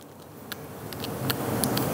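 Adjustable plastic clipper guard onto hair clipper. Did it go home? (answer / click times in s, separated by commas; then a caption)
no / none. A plastic adjustable guard is pressed onto the blade of a Gamma Boosted hair clipper, giving a series of short plastic ticks and scrapes over a low hum. It will not snap on because a large tab blocks it, so nothing has seated or clicked yet.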